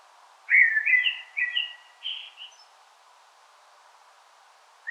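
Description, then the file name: Common blackbird song: one mellow fluted phrase breaking into brief higher twittering notes, followed by a pause. "Turdus merula"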